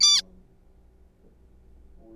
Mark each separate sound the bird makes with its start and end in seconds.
0.01-0.22